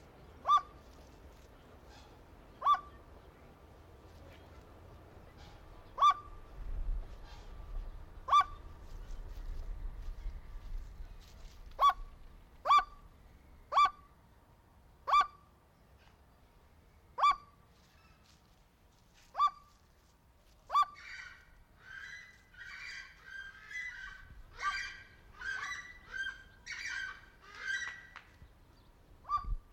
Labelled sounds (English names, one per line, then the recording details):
Red-legged Seriema call
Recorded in captivity
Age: adult
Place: Zoo Berlin, Berlin, DE
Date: 1992-11-07 11:46
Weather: bedeckt, 14°C
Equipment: Marantz CP 430, Sennheiser ME 80, Kopie Tesla B 116
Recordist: Tembrock, Günter